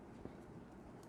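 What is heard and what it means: A second plastic blade is pressed into the hole on the other gauntlet of a NECA Assassin Predator deluxe action figure. A single short, sharp click at 0.3 s stands out over a steady low background hum as the blade pops in and seats.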